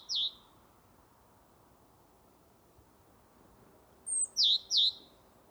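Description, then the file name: Great tit calls: a single high V-shaped note, then after a pause a thin high note and two quick V-shaped notes. "Parus major"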